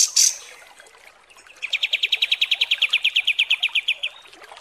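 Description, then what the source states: Kapas tembak song: one sharp high note, a pause, then a quick even series of about twenty chipping notes. Masteran (song-training) recording of kapas tembak song, described as mewah.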